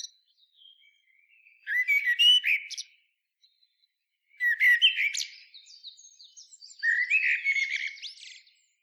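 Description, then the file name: Common blackbird song: three fluted warbling phrases separated by pauses, with thin high twittering notes. "Turdus merula"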